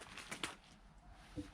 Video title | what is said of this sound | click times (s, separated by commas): OEM Honda Windshield Wipers - DON'T THROW THEM AWAY! | Okay, so again, once we've got this one centered, just kind of locks in place there. | 0.4 s